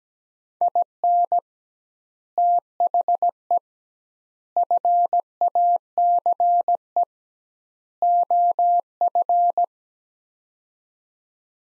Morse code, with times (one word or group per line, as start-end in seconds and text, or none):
0.6-1.4 IN
2.4-3.6 THE
4.6-7.0 FACE
8.0-9.6 OF